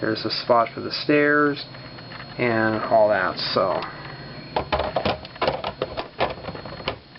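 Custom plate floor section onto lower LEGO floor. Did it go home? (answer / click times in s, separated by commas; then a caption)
yes / 6.9 s. A removable second-floor section built from LEGO plastic plates is pressed back onto the studs of the LEGO floor below. Someone talks at first, then short plastic clicks and rattles follow as the plates are handled. The floor snaps into place with a sharp click at 6.9 s.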